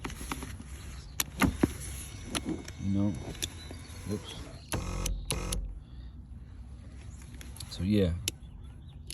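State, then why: Not seated. Someone handles a power seat switch piece at the seat side trim of a 2017 Chevy Malibu whose power seat recline is not working and is stuck in the lean-back position. Someone talks while sharp plastic ticks and taps come through, with the strongest near 1.2 s and 5.3 s. Nothing has seated or clicked into place yet.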